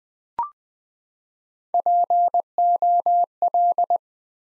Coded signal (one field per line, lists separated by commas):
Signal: Morse code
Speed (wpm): 20 wpm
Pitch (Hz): 700 Hz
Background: none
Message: POL